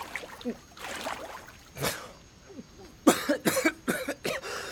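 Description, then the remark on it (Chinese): A young man who has just been pulled up in deep water after sinking while swimming coughs and sputters as if choking on water, wiping his face: one harsh cough, a pause, then a rapid string of four or five loud coughs, with faint splashing and trickling underneath. “边南反手也抓住了秋意的胳膊，一边抹脸一边咳嗽”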